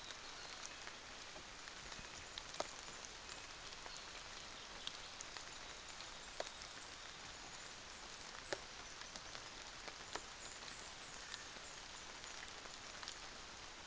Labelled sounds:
North Island Saddleback (Philesturnus rufusater), New Zealand Fantail (Rhipidura fuliginosa)
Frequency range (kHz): North Island Saddleback (Philesturnus rufusater) 3.4-4.8 kHz
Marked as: faintness 5/5, faintness 3/5
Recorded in New Zealand on 24 December 2018
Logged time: 06:00

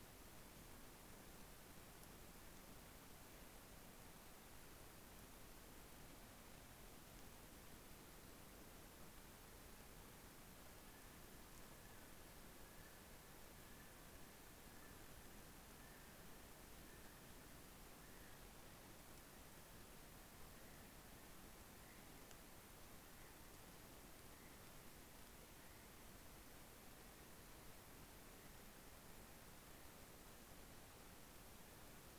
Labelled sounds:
North Island Brown Kiwi (Apteryx mantelli) male call
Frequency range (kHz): North Island Brown Kiwi (Apteryx mantelli) 1.3-4.3 kHz
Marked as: faintness 5/5
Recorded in New Zealand on 12 February 2013
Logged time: 22:59
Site DH65

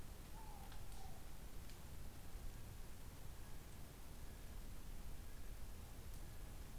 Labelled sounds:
North Island Brown Kiwi (Apteryx mantelli) male call
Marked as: faintness 5/5
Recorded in New Zealand on 14 December 2015
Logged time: 00:43
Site CG68

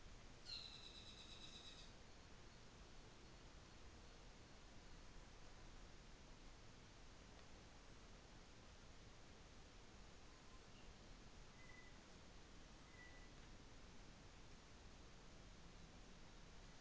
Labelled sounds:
North Island Saddleback (Philesturnus rufusater)
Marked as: faintness 2/5
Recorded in New Zealand on 24 December 2018
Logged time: 15:10

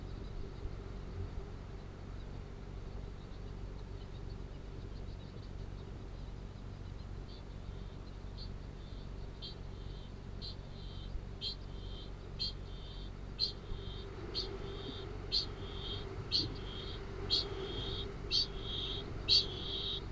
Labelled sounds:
Kākāpō (Strigops habroptilus) ching call
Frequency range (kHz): Kākāpō (Strigops habroptilus) 1.9-11.6 kHz
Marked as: faintness 4/5, faintness 3/5
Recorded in New Zealand
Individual Arab

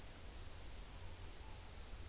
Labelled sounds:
Morepork (Ninox novaeseelandiae) more-pork call
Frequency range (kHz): Morepork (Ninox novaeseelandiae) 0.7-1.1 kHz
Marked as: faintness 4/5
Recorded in New Zealand on 11 September 2013
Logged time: 02:19
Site Ponui

